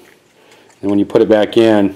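A plastic fan blade rotor is being handled for refitting into a PC case fan housing while someone talks. A faint tick comes at 0.1 s, and the voice runs from about 0.8 s to the end. Nothing has seated or clicked yet; the rotor is not back in place when the clip ends.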